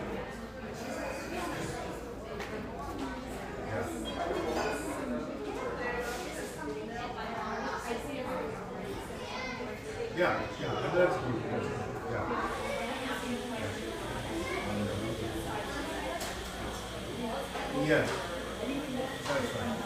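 Voices murmur and overlap throughout a neighborhood espresso shop in Portland, Oregon, a steady bed of conversation with no single speaker standing out. Brief clinks and knocks rise above the chatter around ten seconds and again near eighteen seconds.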